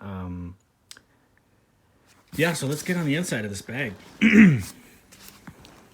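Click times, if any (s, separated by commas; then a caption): 0.9 s. A backpack's hanging-open side pocket gets a little push and snaps back into place against the fabric body of the bag, with one sharp click at 0.9 s. Someone talks before and after the snap.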